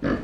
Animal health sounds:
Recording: pig call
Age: growing-finishing pig (85 days or more)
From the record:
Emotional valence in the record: negative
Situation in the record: barren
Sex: male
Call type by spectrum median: low-frequency call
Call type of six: low-frequency stable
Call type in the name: low-frequency stable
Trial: 2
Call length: 0.24 s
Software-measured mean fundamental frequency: 58 Hz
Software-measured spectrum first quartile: 239 Hz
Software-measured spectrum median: 398 Hz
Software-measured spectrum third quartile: 883 Hz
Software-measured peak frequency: 279 Hz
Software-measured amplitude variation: 156 dB a second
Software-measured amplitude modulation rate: 19.1 a second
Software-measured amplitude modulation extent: 8.2 dB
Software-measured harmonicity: 0.2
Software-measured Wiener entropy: -1.01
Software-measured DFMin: 882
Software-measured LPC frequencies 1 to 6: 378, 1242, 1697, 2908, 3765, 4572 Hz

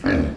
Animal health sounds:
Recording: pig call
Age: growing-finishing pig (85 days or more)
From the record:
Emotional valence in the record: negative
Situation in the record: barren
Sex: female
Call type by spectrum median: low-frequency call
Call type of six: low-frequency modulated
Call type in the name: low-frequency modulated, not sure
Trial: 1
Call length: 0.37 s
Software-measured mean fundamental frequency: 49 Hz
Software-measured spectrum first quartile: 221 Hz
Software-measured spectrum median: 394 Hz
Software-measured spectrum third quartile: 1082 Hz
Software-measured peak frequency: 274 Hz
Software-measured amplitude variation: 157 dB a second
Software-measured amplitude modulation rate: 23.1 a second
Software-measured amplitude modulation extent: 6.8 dB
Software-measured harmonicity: 1.3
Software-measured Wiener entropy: -1.71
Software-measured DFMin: 1123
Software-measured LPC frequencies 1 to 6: 358, 1678, 2387, 4270, 7364, 9533 Hz

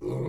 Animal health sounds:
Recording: pig call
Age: weaner (32 to 43 days)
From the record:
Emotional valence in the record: negative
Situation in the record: short isolation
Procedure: open field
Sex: female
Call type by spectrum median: low-frequency call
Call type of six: low-frequency stable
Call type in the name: low-frequency stable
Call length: 0.29 s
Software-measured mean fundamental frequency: 61 Hz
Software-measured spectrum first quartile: 142 Hz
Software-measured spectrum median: 296 Hz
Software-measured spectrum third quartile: 430 Hz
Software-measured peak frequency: 355 Hz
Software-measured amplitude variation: 109 dB a second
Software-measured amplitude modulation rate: 30.6 a second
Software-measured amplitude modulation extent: 3.5 dB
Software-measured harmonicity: 1.3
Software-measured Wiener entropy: -0.35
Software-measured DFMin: 822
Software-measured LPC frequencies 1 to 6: 381, 934, 2154, 3698, 4253, 5695 Hz

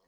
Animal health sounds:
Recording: pig call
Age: piglet (1 to 25 days)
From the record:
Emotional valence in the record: positive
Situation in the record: short reunion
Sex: female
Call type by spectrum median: low-frequency call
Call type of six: low-frequency tonal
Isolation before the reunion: 3 minutes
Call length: 0.08 s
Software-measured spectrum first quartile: 554 Hz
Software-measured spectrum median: 1288 Hz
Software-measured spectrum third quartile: 5193 Hz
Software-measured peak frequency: 489 Hz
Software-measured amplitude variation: 31 dB a second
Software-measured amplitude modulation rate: 6.0 a second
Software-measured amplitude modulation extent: 5.2 dB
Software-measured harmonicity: -0.3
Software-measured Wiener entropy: -2.07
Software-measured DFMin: 721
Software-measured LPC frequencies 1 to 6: 620, 1929, 3138, 4223, 5267, 6323 Hz

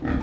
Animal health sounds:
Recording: pig call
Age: growing-finishing pig (85 days or more)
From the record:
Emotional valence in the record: negative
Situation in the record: barren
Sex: female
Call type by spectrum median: low-frequency call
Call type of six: low-frequency stable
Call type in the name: low-frequency stable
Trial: 1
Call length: 0.23 s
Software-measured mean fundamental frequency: 47 Hz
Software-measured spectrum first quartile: 150 Hz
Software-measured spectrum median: 284 Hz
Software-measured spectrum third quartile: 666 Hz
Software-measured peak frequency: 252 Hz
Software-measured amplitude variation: 150 dB a second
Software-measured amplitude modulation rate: 23.7 a second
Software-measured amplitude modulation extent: 6.3 dB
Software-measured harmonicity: 1.1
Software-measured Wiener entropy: -0.99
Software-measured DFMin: 1036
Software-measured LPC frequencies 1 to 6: 1246, 1820, 3387, 4077, 4823, 5561 Hz

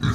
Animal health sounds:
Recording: pig call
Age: growing-finishing pig (85 days or more)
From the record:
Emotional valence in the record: positive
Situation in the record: run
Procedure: transit

